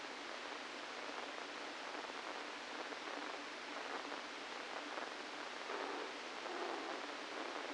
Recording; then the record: brain microelectrode recording played as sound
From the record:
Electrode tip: inside the subthalamic nucleus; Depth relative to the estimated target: 0 mm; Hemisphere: left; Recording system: NeuroSet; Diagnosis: Parkinson's disease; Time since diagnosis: 17 years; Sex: male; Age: 64 years